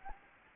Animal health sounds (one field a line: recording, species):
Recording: mosquito wingbeat signal from an infrared sensor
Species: Anopheles gambiae